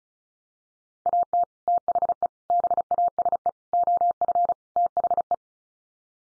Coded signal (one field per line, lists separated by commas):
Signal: Morse code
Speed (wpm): 34 wpm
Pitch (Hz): 700 Hz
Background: none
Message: AT THE BASE OF THE